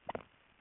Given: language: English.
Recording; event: throat vibration sensor signal played as sound; swallow